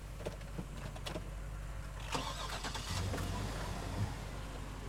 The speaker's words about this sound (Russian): Плещеева смотрит ему вслед, потом заводит машину.